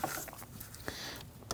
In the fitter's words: And you push on, you're going to hear it engage and lock into the retainer lock there.